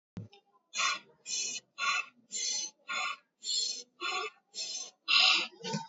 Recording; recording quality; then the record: deep breathing; excellent, no background noise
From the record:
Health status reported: recovered from COVID-19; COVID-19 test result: positive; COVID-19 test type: RT-PCR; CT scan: taken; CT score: 12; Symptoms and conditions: none ticked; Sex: male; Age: 38 years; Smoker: no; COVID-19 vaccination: none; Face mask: not worn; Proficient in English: yes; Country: India